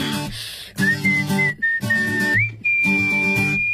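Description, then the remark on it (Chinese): A bright, bouncy whistled melody rides over a full pop backing track, its high clear notes gliding and holding steady through short phrases with brief pauses between. “哎，人家还有一段轻快的口哨在这儿呢哈。”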